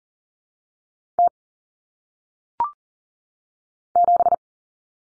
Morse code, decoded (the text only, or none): T 7